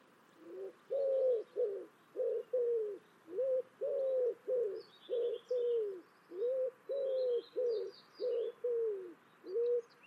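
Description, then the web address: Bird giving a quick run of many low cooing notes, some falling at the end, with faint higher chirps in the background. "cianscape. Deverinetal. Bird Only"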